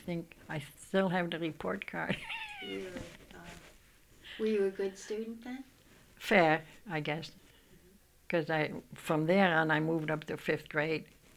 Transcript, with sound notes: I think I still have the report card. ( she laughs )
Were you a good student then?
Fair, I guess. Because I, from there on, I moved up to fifth grade.